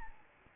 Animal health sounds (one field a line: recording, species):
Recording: mosquito wingbeat signal from an infrared sensor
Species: Aedes albopictus